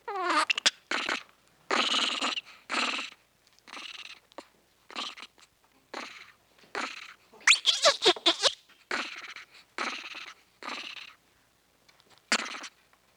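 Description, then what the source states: Monkey chattering in a rapid run of short, squeaky, scratchy bursts with brief pauses, some notes rising into thin high squeals. Chattering and chirping, tiny chit-chat.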